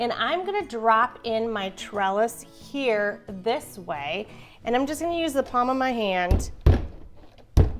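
A plastic trellis piece is dropped into a level of an iHarvest hydroponic tower by iGworks and pushed home with the palm of the hand while someone talks. It snaps into place with a loud thunk at 6.7 s, followed by smaller knocks around 7.4 s and 7.6 s.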